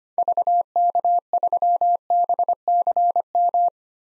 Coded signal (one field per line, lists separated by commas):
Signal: Morse code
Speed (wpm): 25 wpm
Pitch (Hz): 700 Hz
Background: none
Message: VK3BCM